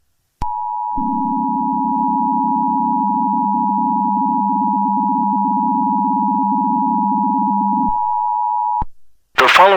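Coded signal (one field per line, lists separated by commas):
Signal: Emergency Alert System (SAME) tones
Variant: 853 and 960 Hz attention tone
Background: speech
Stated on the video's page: Fictional EAS scenario based on the Mario.exe game.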